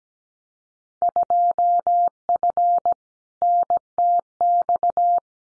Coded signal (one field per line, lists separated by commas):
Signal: Morse code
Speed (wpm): 17 wpm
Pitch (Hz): 700 Hz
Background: none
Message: 2F NTX